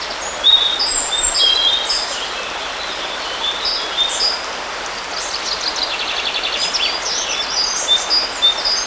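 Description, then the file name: Birds giving thin whistles and rapid trills over an unbroken rushing noise. Birds by a river. "Nature Sounds - River Birds"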